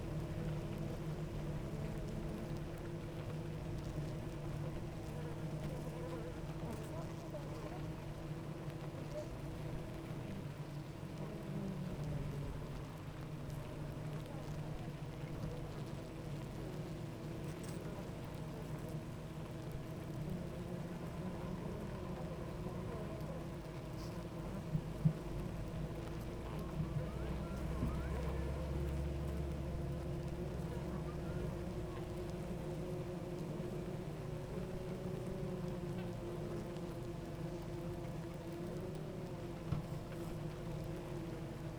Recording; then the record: honeybee colony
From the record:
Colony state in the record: active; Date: 28 July 2017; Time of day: 9:01